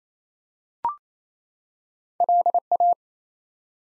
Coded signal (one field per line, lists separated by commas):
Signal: Morse code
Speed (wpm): 27 wpm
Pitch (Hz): 700 Hz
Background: none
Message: LA